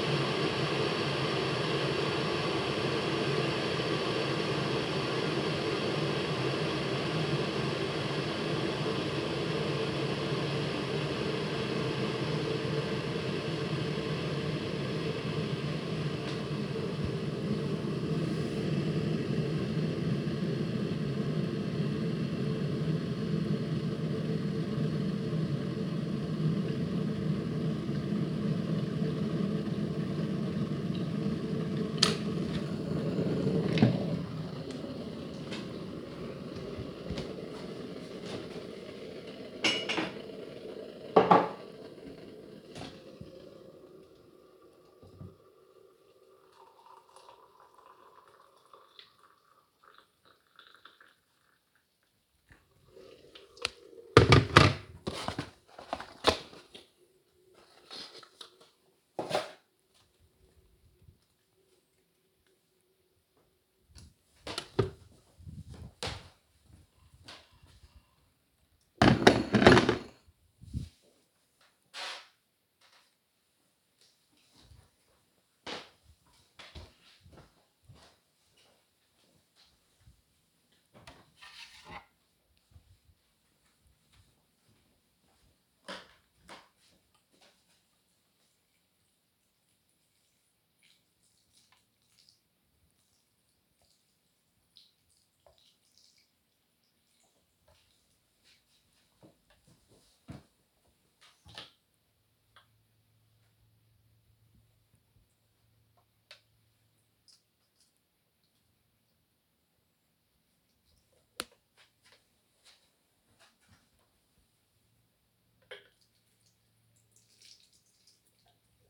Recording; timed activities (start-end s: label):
household activities, microphone on the right wrist
0.00-70.22 s: making tea
84.36-118.90 s: watering plant